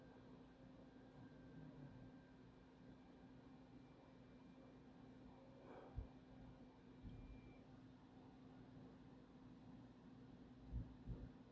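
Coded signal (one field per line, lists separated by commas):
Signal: FT8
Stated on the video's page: FT8 on 80 meters overnight from the west coast working Asia and North America, IC-7610 with WSJT-X, 160 meter loop antenna at 100 feet.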